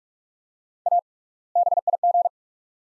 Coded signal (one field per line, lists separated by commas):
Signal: Morse code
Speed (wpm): 47 wpm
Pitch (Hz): 700 Hz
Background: none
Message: A BIG